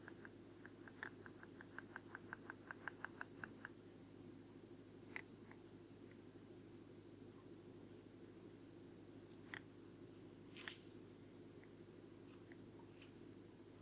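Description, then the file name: Rock ptarmigan call: a dry, quick train of clicking pulses lasting about three seconds, followed by scattered single ticks over steady low rumbling background noise. Recorded at Karwendelspitze on 6 July 2014. "Alpenschneehuhn. Karwendelspitze. Michle Pron"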